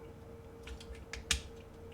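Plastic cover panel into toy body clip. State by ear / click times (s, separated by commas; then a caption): seated / 1.1 s, 1.3 s. A plastic cover panel on a KO-version Iron Factory Transformers Skyfire robot toy is closed, its rear edge snapping into the catch on the toy's body. Soft plastic handling ticks around 0.7 and 0.8 s lead to two sharp clicks at 1.1 and 1.3 s, the second being the loudest, over a faint steady hum. The panel is clipped in place.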